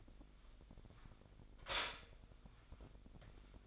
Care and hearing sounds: daily activity, microphone in the room; stop toaster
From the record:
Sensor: 5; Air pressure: 1001.9 hPa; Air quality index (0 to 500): 202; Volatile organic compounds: 18 ppm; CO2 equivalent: 2613 ppm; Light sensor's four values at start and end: 35/111/42/45 and 35/111/43/45

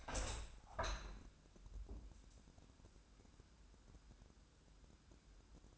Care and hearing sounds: daily activity, microphone in the room; open window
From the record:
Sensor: 2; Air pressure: 1000.3 hPa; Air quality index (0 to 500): 124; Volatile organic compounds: 2 ppm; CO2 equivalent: 1036 ppm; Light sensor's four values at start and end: 11/31/12/14 and 12/32/12/14

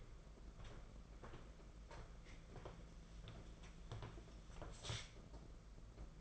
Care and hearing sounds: daily activity, microphone in the room; walk to room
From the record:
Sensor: 5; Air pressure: 992.2 hPa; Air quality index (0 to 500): 213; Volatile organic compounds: 1000 ppm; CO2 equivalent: 6197 ppm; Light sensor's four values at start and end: 6/17/6/7 and 6/16/6/7

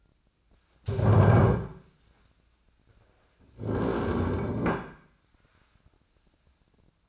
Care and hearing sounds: daily activity, microphone in the room; stand up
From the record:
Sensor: 2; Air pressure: 1009.1 hPa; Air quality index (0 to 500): 173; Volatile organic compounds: 2 ppm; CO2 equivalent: 1264 ppm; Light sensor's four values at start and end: 32/83/36/38 and 36/94/40/43

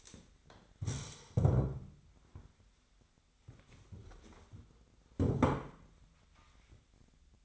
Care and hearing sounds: daily activity, microphone in the room; stand up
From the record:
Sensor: 3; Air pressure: 1007.7 hPa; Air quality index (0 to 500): 193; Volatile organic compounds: 15 ppm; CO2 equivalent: 2479 ppm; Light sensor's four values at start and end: 12/28/12/12 and 12/28/12/11

